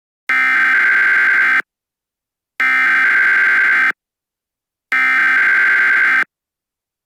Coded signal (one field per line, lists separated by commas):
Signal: Emergency Alert System (SAME) tones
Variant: header bursts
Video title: [EAS SCENARIO] March 22nd 2007 Tsunami